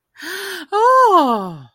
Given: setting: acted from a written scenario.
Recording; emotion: vocal sound without words; positive surprise